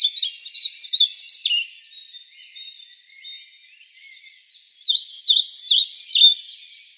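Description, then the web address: European pied flycatcher song: a quick, high sweet phrase of repeated bouncing notes, given twice with a fainter twittering between. "Schulze Peter European Pied Flycatcher song"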